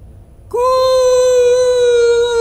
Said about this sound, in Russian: Сегодня утром волк-одиночка перестал разговаривать. Вместо этого он клацал зубами и выл. Высоко и тоскливо.